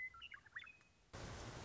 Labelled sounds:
Western Meadowlark (Sturnella neglecta)
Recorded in Sonoma County, California

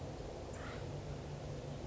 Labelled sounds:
Acorn Woodpecker (Melanerpes formicivorus)
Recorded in Sonoma County, California

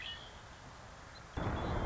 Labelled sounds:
Red-winged Blackbird (Agelaius phoeniceus)
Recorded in Sonoma County, California

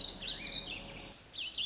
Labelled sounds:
Warbling Vireo (Vireo gilvus)
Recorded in Sonoma County, California

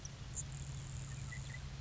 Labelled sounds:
Grasshopper Sparrow (Ammodramus savannarum)
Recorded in Sonoma County, California

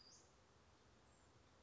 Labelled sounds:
Western Flycatcher (Empidonax difficilis)
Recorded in Sonoma County, California

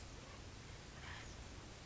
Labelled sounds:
Acorn Woodpecker (Melanerpes formicivorus)
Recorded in Sonoma County, California

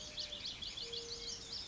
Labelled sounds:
Mourning Dove (Zenaida macroura)
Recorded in Sonoma County, California

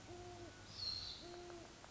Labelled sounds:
Great Horned Owl (Bubo virginianus)
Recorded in Sonoma County, California

